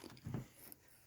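A retainer or cap is pressed by hand into a nylon fuel line quick connect on General Motors fuel lines above the gas tank. A low, muffled press is heard around 0.3 s, followed by a small, sharp snap at 0.7 s as the part pops into place. It is only partly seated, still sticking up on one end and not fully home.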